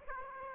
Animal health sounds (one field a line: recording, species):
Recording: mosquito wingbeat signal from an infrared sensor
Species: Aedes aegypti